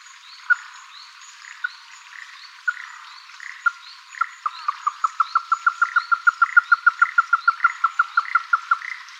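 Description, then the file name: Ruddy-breasted crake call: sharp, knocking notes spaced about a second apart, which speed up into a long, rapid, even series. Fainter calls from other animals sound in the background. "hikuina"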